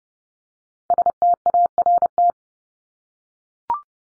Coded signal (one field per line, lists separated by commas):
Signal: Morse code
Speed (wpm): 30 wpm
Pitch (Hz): 700 Hz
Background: none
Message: START